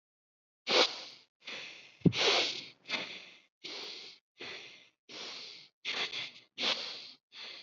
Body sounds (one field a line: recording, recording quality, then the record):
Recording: shallow breathing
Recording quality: excellent, no background noise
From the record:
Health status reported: exposed to COVID-19, no respiratory illness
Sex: male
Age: 23 years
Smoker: no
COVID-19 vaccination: both doses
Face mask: not worn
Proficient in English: yes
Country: India